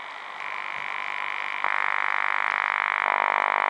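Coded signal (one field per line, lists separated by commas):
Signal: radar signal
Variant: over-the-horizon radar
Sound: harsh rapid buzzing pulse train that shifts tone and loudness twice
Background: radio static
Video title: OTH Radar on 16 Meter Broadcast Band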